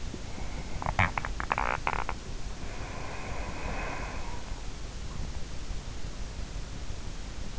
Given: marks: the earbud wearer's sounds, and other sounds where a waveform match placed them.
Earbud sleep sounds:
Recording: sounds in sleep by an in-ear microphone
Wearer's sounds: breath, teeth grinding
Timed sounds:
0.37-4.49 s: breath
0.59-2.43 s: teeth grinding

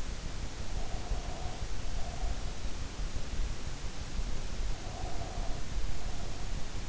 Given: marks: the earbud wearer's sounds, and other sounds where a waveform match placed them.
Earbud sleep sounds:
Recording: sounds in sleep by an in-ear microphone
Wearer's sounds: breath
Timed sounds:
0.68-2.70 s: breath
4.71-6.76 s: breath

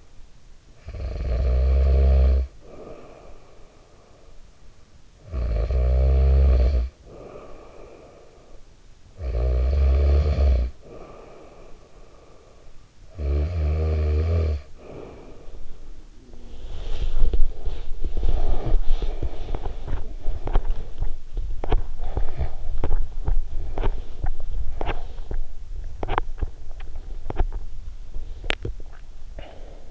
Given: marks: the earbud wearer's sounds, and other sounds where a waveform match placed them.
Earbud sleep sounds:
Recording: sounds in sleep by an in-ear microphone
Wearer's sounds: snoring breath, teeth grinding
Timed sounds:
0.36-15.85 s: snoring breath
16.37-29.91 s: teeth grinding

